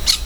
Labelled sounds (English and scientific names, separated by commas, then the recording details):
Brown-throated Parakeet (Eupsittula pertinax) contact call
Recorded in Venezuela
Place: Hato Matapalo, Bolívar
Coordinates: 7.356, -61.542